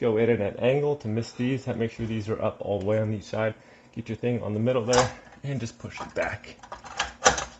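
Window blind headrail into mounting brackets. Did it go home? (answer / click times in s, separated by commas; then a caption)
yes / 7.0 s, 7.3 s. The metal headrail of a window blind is angled into the wall mounting brackets and pushed back until it snaps into place. Someone talks throughout. Two sharp clicks at 7.0 s and 7.3 s mark the headrail seating in the brackets.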